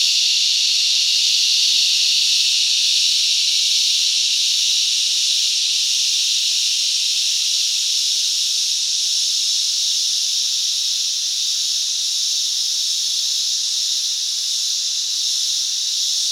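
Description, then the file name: Insect chorus of cicadas and crickets, an even, loud sizzling hiss sustained throughout with slight rhythmic flutter and no other sounds. Cicadas and crickets on a summer day in Australia. "zapsplat animals insects cicada crickets summer day australia"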